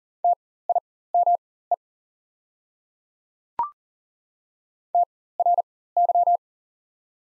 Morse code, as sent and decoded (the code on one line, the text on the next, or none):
- .. -- . / - .-. -.--
TIME TRY